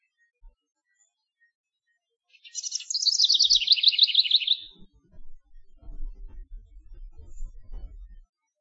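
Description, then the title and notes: House wren song, a quick descending burst of high chattering notes, followed by low rumbling and handling noise. Male singing in search of a mate. "A tiny house wren, singing his heart out in search of a mate."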